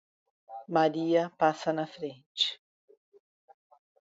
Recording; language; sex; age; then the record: short text; Brazilian Portuguese; female; 50 to 59 years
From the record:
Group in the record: control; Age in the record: 54 years